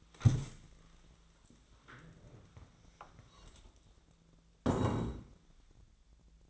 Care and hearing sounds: daily activity, microphone in the room; stand up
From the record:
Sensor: 3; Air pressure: 1000.4 hPa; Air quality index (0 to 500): 170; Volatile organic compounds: 3 ppm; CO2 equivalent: 1480 ppm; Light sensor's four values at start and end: 14/33/14/14 and 14/32/14/15

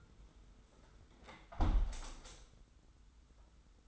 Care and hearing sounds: daily activity, microphone in the room; close window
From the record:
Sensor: 3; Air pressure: 991.3 hPa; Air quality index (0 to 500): 131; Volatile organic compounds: 181 ppm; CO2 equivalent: 4145 ppm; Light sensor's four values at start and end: 49/134/54/48 and 49/134/55/48

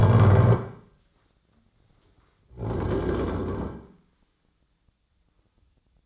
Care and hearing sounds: daily activity, microphone in the room; stand up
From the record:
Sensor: 3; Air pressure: 1009.2 hPa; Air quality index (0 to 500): 186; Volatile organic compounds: 3 ppm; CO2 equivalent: 1498 ppm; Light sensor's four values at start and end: 48/123/54/54 and 35/88/40/41

